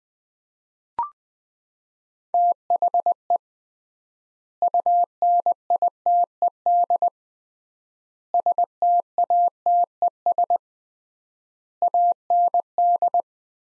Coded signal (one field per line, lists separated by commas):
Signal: Morse code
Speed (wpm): 20 wpm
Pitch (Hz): 700 Hz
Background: none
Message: THE UNITED STATES AND